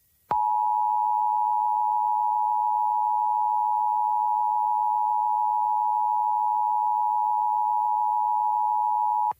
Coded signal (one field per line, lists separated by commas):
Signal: Emergency Alert System (SAME) tones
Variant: 853 and 960 Hz attention tone